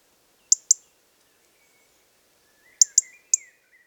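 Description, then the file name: European robin ticking: a crisp double tick, a pause, then a run of three, with faint thin twittering underneath. "Erithacus rubecula"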